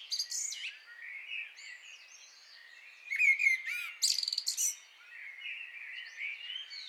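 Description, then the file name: Common blackbird song: brief warbled phrases in a high register, with bursts of rapid twittering near the middle and a sustained fluty line towards the end. "Turdus merula"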